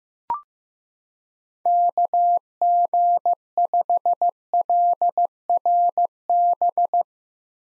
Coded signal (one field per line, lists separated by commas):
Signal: Morse code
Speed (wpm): 15 wpm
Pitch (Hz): 700 Hz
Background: none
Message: KG5LRB